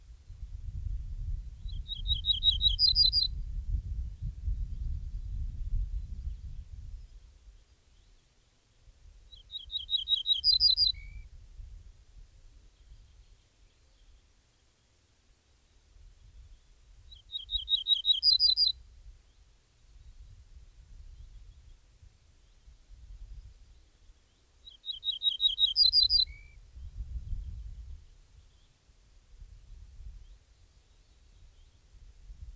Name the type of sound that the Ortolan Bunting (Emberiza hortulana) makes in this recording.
song